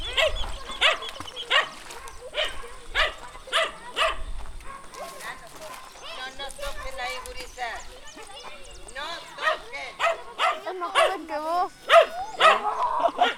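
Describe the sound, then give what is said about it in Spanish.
Repeated sharp dog barks and higher yelping whimpers come in quick bursts, mixed with a person shouting over them throughout, calling the dogs to come over. “¡Ey, vengan para acá! ¡Ey, Ulises, vení para acá! ¡Qué mal tremendo de perro!”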